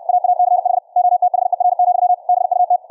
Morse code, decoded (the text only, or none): AACH OTHER, BUT